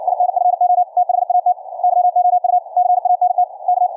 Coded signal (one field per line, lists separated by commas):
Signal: Morse code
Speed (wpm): 56 wpm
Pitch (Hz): 720 Hz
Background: none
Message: INFO THAT YOU CANT K